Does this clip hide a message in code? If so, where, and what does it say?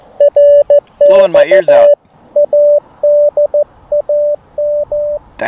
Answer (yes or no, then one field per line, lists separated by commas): yes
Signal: Morse code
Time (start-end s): 0.2-5.2 s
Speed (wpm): 14 wpm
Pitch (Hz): 590 Hz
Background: speech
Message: RX ADAM